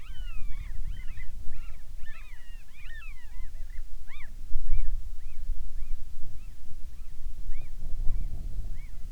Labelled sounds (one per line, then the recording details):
bird
wind
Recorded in the Arctic National Wildlife Refuge, Alaska, on 10 July 2019 at 17:48
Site 44